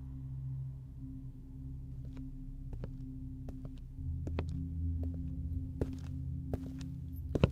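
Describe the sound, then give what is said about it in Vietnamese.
Heavy, thudding footsteps following behind a father and son as they walk away from a house gate. The steps land at an uneven pace over a steady low hum, with several sharper knocks toward the end. No one speaks. “Vừa qua khỏi cổng nhà thằng Huy được một đoạn thì bố con nó nghe như có tiếng bước chân thình thịch theo đằng sau.”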